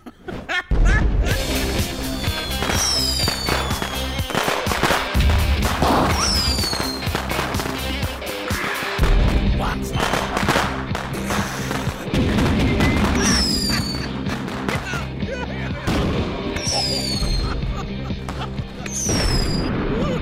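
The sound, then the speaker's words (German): Stage pyrotechnics at an open-air mountain stage: loud bangs and crackling firecracker bursts go off in a dense, irregular barrage, with sharp pops and deep booms overlapping and whistling streaks rising between them, continuing steadily throughout. “An unserer Bergbühne gehört Pyrotechnik seit jeher zur Grundausstattung, egal welches Stück.”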